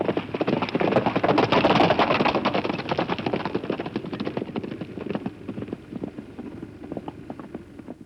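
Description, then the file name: Horse galloping, a rapid drumming of hoof beats that swells loudly over the first two seconds, then gradually fades as it moves away. Galloping past at full speed. "Horse Gallops By at Full Speed"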